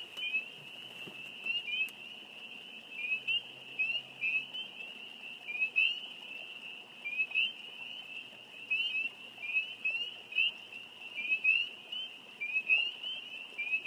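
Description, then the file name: Spring peeper chorus, countless short rising peeps layered into a steady high-pitched ringing that pulses in louder bursts throughout. "Spring Peepers - field recording"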